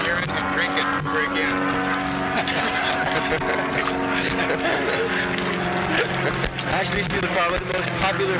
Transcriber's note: laughing